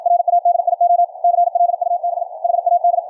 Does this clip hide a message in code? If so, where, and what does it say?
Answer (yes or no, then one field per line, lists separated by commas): yes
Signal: Morse code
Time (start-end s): 0.1-3.0 s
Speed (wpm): 56 wpm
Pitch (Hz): 700 Hz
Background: radio noise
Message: RADIO CLUB HAD